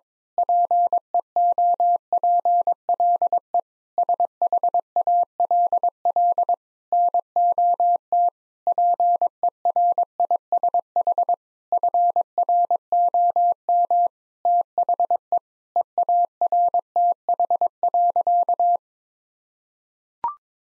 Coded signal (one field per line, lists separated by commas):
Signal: Morse code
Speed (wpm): 22 wpm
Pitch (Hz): 700 Hz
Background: none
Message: PEOPLE SHALL NOT PERISH FROM THE EARTH.